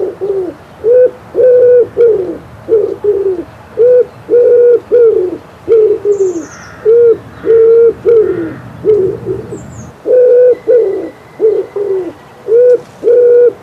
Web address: Przyroda Ptaki Grzywacz